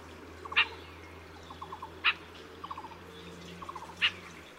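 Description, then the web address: Siberian rubythroat calls: a sharp high note repeated three times, with short runs of softer ticks between, over steady hiss and low hum. Recorded at Yushan, Taiwan. "野鴝 Yushan"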